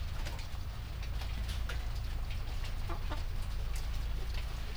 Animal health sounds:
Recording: poultry house recording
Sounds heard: sick chickens (respiratory disease)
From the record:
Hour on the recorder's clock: 20

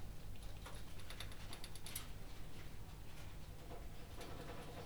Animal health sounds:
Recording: poultry house recording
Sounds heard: no chicken sound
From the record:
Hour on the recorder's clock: 21

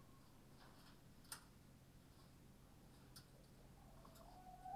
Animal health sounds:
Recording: poultry house recording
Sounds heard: healthy chickens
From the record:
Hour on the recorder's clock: 21

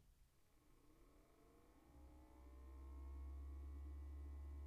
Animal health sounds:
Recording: poultry house recording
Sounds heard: no chicken sound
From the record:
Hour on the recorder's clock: 21

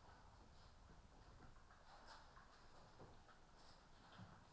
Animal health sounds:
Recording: poultry house recording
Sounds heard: healthy chickens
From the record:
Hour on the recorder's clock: 15

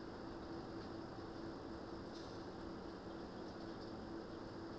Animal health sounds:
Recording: poultry house recording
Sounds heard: no chicken sound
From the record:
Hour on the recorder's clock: 21

